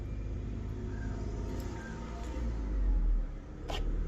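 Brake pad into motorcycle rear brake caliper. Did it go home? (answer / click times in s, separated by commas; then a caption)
no / none. A brake pad is pushed into place in the rear brake caliper of a Himalayan 450 motorcycle, with the pad and caliper pushed back, over a steady low rumble. A brief sharp sound comes at about 3.7 s, but nothing has seated or clicked yet; the pad is not yet home.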